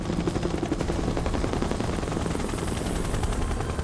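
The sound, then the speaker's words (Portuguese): In a Brazilian Portuguese dub of an animation with the Joker and Batman, a helicopter comes down to clear smoke: its steady rotor chop thunders throughout, mixed with rapid bursts of gunfire crackling over the dense, roaring din. No voices are heard. “Desça um helicóptero para dissipar a fumaça!”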